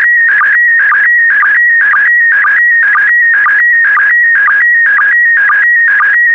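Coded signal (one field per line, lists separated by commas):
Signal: SSTV (slow-scan television)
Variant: PD120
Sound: warbling, chirpy tone with a steady rhythmic blip about twice a second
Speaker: the next image transmission will start in 10 seconds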